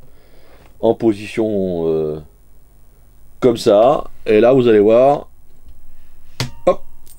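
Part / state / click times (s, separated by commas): view camera standard shift returning to its centered zero detent / seated / 6.4 s, 6.7 s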